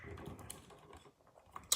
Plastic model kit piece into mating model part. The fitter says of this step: you want that nice click sound you want that nice flush there